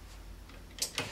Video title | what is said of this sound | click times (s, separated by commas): Rossignol X7 / Rossignol X9 NNN Skate Ski Boots Review Video | uh you know if skate bindings are typically manual you lift up the toe you step down and lock it into into place | 0.8 s, 1.0 s